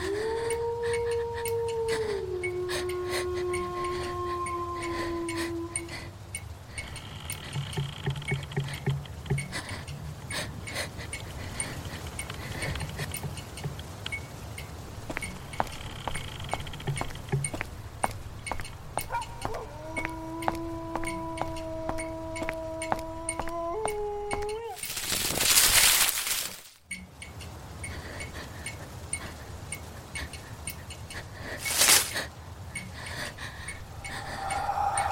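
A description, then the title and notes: A horror night ambience of low, droning moans that slide in pitch, heard from the start to about six seconds and again from twenty to twenty-five seconds. Faint crackling ticks run throughout, a loud rushing burst hits near twenty-five seconds, and a brief sharp flare comes near thirty-two. Horror night ambience. Light flickering again with haunted voices.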